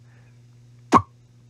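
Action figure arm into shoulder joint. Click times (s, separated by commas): 1.0 s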